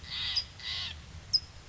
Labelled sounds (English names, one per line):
California Towhee